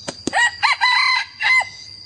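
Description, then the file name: Red junglefowl crowing, a short rough crow in several harmonic-rich segments ending with a separate final note, over a steady high insect drone. Young male crowing. "ไก่ป่าหนุ่มขัน"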